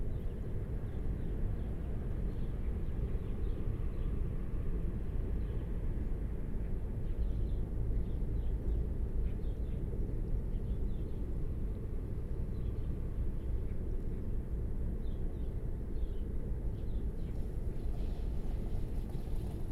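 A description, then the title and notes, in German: An icebreaker ship drones steadily throughout, a dense, deep engine rumble that never lets up and stays even in level. A thin steady whine sits above the rumble, and faint scattered chirps or creaks come and go higher up. Der Eisbrecher MS Franz Hesselberger. Wollte unbedingt einen Eisbrecher in Mitteleuropa aufnehmen.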